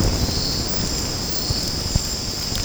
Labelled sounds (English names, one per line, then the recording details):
none
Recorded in secondary vegetation near Puerto Asís, Putumayo, Colombia, on 19 March 2025 at 23:00
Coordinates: 0.481, -76.318
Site G097